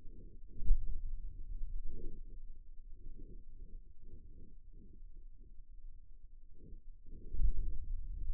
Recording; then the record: forearm muscle sounds (acoustic myography)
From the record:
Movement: pen grasping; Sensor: system 2, bracelet of six BSWA MPA416 microphones around the upper forearm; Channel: 4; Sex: male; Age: 22 years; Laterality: right